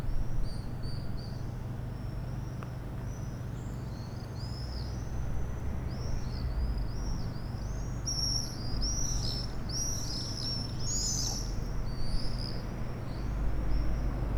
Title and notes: 4 Rue Vaugelas, Aix-les-Bains, France - Les martinets. Le ballet des martinets au dessus des toits d'Aix-les-bains depuis la cour de la MJC un dimanche matin